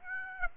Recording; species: mosquito wingbeat signal from an infrared sensor; Aedes aegypti